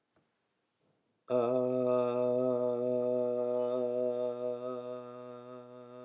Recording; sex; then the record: sustained vowel /a/; male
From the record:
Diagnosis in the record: healthy control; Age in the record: 68 years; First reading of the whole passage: 59 s, 8.4 characters per second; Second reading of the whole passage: 56 s, 8.8 characters per second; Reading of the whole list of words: 34 s, 8.3 characters per second